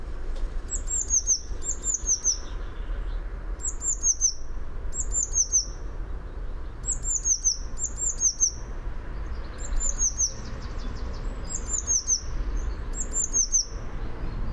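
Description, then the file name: Eurasian blue tit calls: thin, very high descending notes in short groups of two or three, repeated about every second or two over a steady low rumble. "Cyanistes caeruleus"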